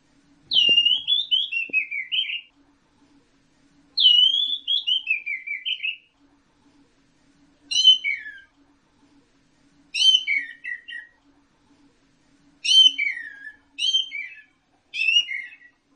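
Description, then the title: Orange-headed thrush singing loud, falling warbled phrases, then brief sharp clipped phrases repeated roughly every one to three seconds. "Burung Anis Merah"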